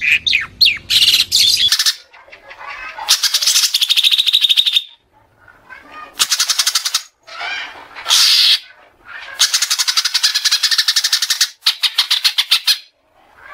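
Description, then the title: Oriental magpie-robin: scratchy chatter, then long harsh rasping bursts alternating with brief quieter twitters. "Kacer"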